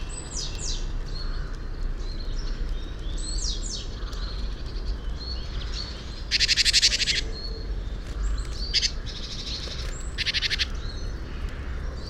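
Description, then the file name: Great tit calls: thin high notes repeated quickly, broken by harsh buzzy scolding bursts, over constant low background rumble. "Parus major"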